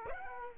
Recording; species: mosquito wingbeat signal from an infrared sensor; Aedes aegypti